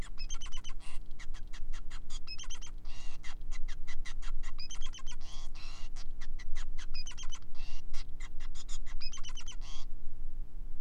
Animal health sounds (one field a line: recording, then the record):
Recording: song of a male Bengalese finch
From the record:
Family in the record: son of father 5